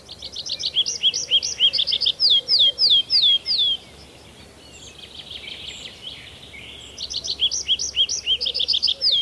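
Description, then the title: Tree Pipit song: a fast series of high sweet notes, then slurred descending whistles, a pause with soft buzzy twitter, then the song restarts with rapid repeated notes. One of Finland's most numerous birds. "Viikon luontoääni: Metsäkirvinen"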